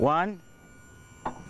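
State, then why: Seated. Someone talks briefly, then the cab tilt support latch on an E-ONE fire pumper truck cab gives its second metallic click at 1.3 s over a low hum. The latch locks, seated in the raised position.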